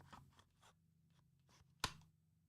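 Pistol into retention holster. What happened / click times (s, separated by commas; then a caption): A retention latch snapped shut as the item seated / 1.8 s. A pistol is pushed back down into a retention holster after a few soft scraping and rustling sounds. At 1.8 s there is one loud, sharp click as the holster's retention locks. The pistol is seated and held by the holster's security system.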